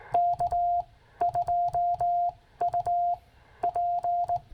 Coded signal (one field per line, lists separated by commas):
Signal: Morse code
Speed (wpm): 18 wpm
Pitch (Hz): 700 Hz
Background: none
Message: K2UP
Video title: Stewart Forest State Park, K-5502. CW on the 21st of May 2023